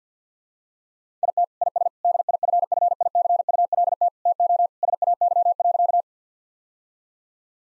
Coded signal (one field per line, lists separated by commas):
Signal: Morse code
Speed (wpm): 50 wpm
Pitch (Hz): 700 Hz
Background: none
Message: IT IS DIFFICULT TO SAY.